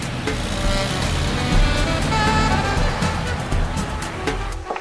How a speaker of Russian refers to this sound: Глеб развернул грузовик и поехал в обратном направлении.